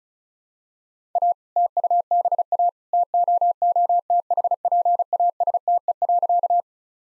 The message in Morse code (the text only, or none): A TUBA TOOTHPASTE.